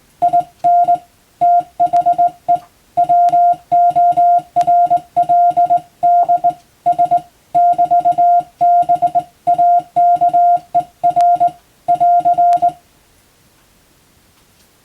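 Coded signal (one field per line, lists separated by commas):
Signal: Morse code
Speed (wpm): 20 wpm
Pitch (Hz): 700 Hz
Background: music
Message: IN THE WORLDS <BT>BAKER <AR>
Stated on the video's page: Morse practice by a first-class radiotelegraph operator for the Japanese exam, Japanese Morse at 17 wpm and English at 25 wpm.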